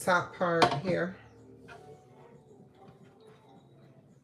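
Someone talks briefly while handling the top part of a juicer and fitting it onto the juicer body, followed by quiet low handling sounds. Nothing has seated or clicked yet.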